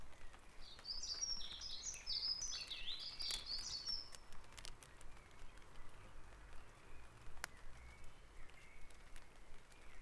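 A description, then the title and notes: Dawn chorus birdsong: a quick, busy run of bright chirps and trills fills the first four seconds, then fades. Afterward only scattered faint calls and a few sharp clicks remain over a steady low rumble and hiss. Dawn Chorus // Back Dragon Avenue, Harrogate.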